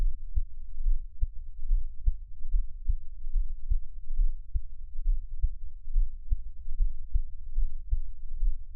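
Steady, deep, muffled heartbeat thumps at about 71 beats per minute in a quiet, low hum.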